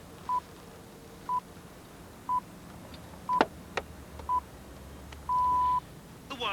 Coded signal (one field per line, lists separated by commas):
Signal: radio time signal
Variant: time pips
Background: speech